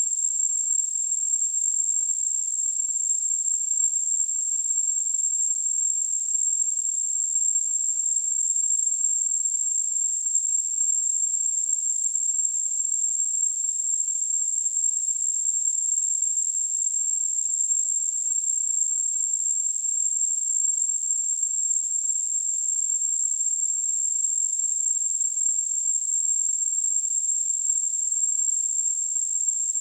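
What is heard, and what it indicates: A steady, very high-pitched whistling tone near 8 kHz with a faint hiss around it holds unchanged for about 30 seconds. This is a simulated tinnitus sound, imitating the constant ringing a person hears with no outside source.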